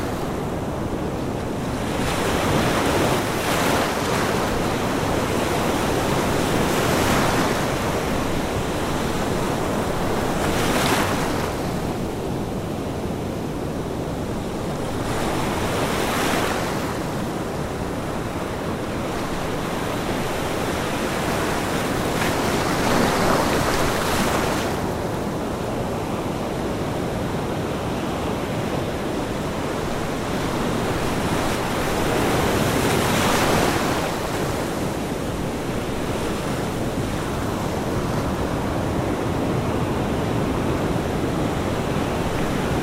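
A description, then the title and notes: Large waves break against a beach in a steady, full roar, with crests surging every four to nine seconds, near 3, 7, 11, 16, 24 and 33 seconds. Between breakers, a dense hiss of foam and wash fills the space, and a little wind rumbles underneath. Big Beach Waves. The sound of waves crashing against the shore.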